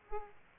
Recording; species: mosquito wingbeat signal from an infrared sensor; Aedes aegypti